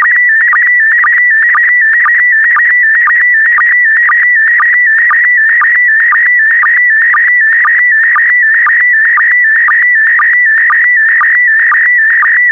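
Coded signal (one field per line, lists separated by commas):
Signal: SSTV (slow-scan television)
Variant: PD120 mode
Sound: warbling tone near 2 kHz with rhythmic low chirps about twice a second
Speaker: Five, four, three, two, one. Transmission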